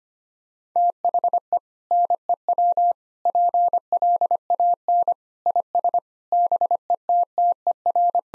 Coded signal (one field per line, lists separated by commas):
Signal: Morse code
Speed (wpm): 25 wpm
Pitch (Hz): 700 Hz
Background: none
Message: THE NEW PLAN IS BETTER